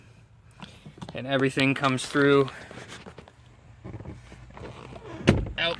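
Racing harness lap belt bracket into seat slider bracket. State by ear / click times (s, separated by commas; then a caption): seated / 5.3 s. Someone talks while a racing harness lap belt bracket is fitted to the seat slider bracket in a G35 and pushed home. A sharp click at 5.3 s marks the bracket locking into place.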